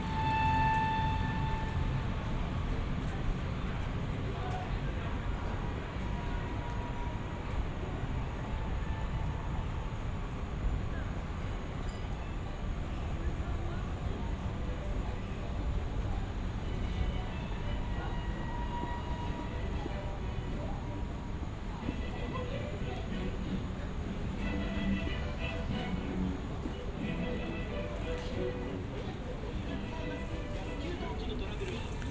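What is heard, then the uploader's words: Street ambience in Yokohama's Chinatown, Japan: a steady, dense low rumble of traffic or a passing vehicle runs throughout, with a murmur of voices mixed in. A brief high tone sounds near the start, and scattered clinks and small noises surface around the middle and later. Yokohama China town in Japan 横浜中華街 【3D AUDIO】. Let's take a walk together around Yokohama China town in Japan!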